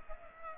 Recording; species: mosquito wingbeat signal from an infrared sensor; Aedes aegypti